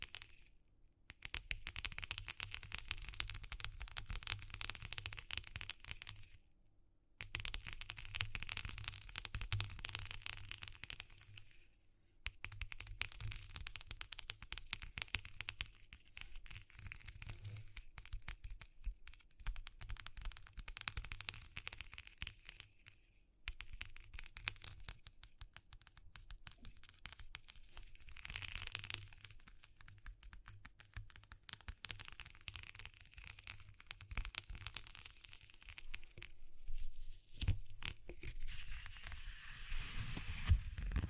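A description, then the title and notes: Textures are scratched and crinkled in bursts of dense, crisp rustling, broken by short pauses around 7, 12, 23 and 37 seconds. ASMR Exploring Textures (No Talking).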